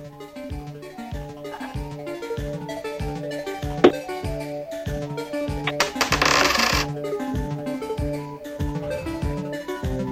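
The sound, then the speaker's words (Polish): A coin is flicked with a sharp metallic ping, then lands with a brief bright rattling clatter, all over steady, rhythmic background music. “Uwaga, rzucam monetą.”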